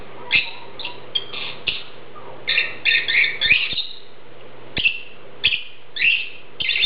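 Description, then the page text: Lovebird calls: shrill, harsh chirps around the upper-mid range, given in quick bursts and short runs with brief pauses, plus a few sharp clicks and a low steady hum. "Попугай неразлучник - Голос"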